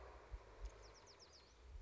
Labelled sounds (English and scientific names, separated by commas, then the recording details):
Bewick's Wren (Thryomanes bewickii)
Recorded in Sonoma County, California